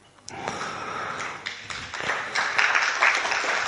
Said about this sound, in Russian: Это аплодисменты вашей разумности.